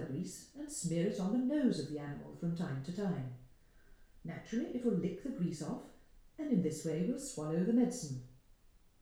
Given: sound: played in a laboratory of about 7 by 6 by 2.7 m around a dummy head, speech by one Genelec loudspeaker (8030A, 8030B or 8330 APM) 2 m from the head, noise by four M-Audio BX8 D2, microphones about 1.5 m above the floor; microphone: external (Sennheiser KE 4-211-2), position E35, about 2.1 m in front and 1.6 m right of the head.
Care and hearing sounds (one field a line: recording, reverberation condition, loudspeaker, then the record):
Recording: female speech in English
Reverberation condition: medium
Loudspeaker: 30 degrees to the right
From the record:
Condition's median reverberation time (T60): about 510 ms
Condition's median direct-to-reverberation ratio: about -0.5 dB